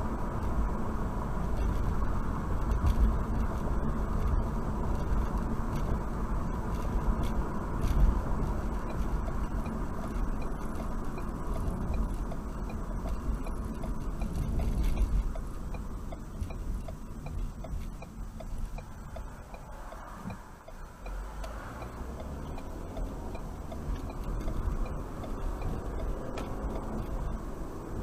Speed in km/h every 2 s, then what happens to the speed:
64, 63, 63, 63, 60, 52, 47, 37, 26, 10, 10, 21, 32, 40.
0-7 steady at about 63. 7-18 brakes to 10. 20-28 speeds up to 40.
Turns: 20-23.